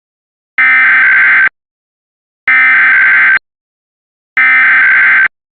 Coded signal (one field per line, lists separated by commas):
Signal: Emergency Alert System (SAME) tones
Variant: header bursts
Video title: EAS Mock: Michigan RMT (Requested)